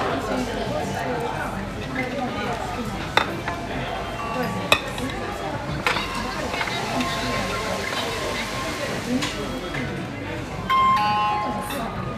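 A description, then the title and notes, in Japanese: Inside a non-conveyor sushi restaurant, a steady murmur of many voices fills the room at a constant level. Sharp clinks of dishes or utensils cut through around three, five, six and nine seconds, and a brief high beep sounds near eleven seconds. 無回転寿司屋。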